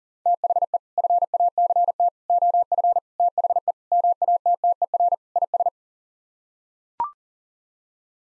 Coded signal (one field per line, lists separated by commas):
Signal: Morse code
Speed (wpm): 37 wpm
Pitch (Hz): 700 Hz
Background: none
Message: THE FACT OF THE MATTER IS